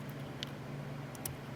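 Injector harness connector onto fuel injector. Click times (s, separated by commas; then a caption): 0.4 s, 1.3 s. An injector harness connector is aligned and pushed onto a fuel injector inside the rocker box of a 2003 Ford F350 7.3 Power Stroke that is hard starting when cold. Sharp clicks sound at 0.4 s and 1.3 s over a steady low hum. The connector locks into place.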